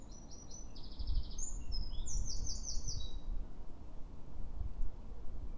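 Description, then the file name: Eurasian wren song: rapid high trills and piercing whistled notes strung together for roughly three seconds, with a low rumbling background. "Troglodytes troglodytes"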